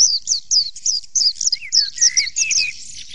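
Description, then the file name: White-eye song: a rapid string of high, slurred, down-swept chirps, each quickly following the last, with lower twittering notes woven in. Audio therapy for caged birds. "audio terapi pleci. omkicau"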